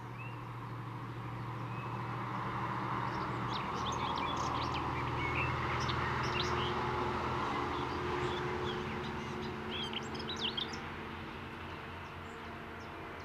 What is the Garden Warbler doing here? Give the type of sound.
song